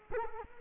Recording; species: mosquito wingbeat signal from an infrared sensor; Culex quinquefasciatus